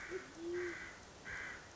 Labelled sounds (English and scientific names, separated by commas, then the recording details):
Band-tailed Pigeon (Patagioenas fasciata)
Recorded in Sonoma County, California